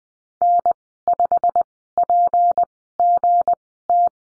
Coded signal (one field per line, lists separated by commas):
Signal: Morse code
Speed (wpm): 20 wpm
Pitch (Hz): 700 Hz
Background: none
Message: N5PGT